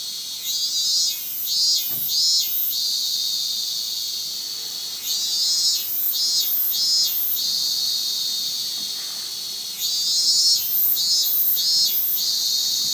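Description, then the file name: Minmin cicada song: loud, buzzy drone with clusters of pulsed bursts that swell and fade in waves, phrases restarting about every five seconds. "Hyalessa maculaticollis"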